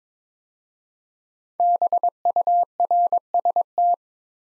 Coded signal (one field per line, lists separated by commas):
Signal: Morse code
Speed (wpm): 22 wpm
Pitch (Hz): 700 Hz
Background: none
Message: BURST